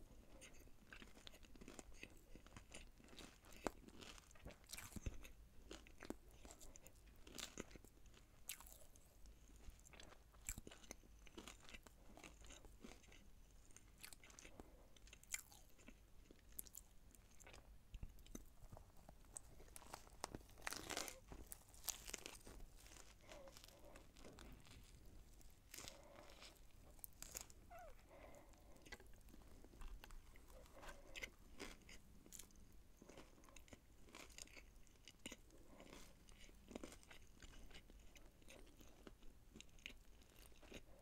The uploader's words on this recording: ASMR McDonald's Wrap, Fries, Mozzarella Cheese Sticks & Apple Pie (EATING SOUNDS).